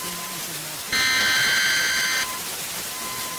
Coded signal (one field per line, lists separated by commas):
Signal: Emergency Alert System (SAME) tones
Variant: header bursts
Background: speech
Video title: Georgia EAS Alarm (2003) origin...